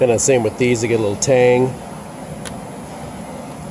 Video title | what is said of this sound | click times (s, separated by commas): Valve cover gasket replacement 2007 Toyota Tacoma. | locks in place | 2.5 s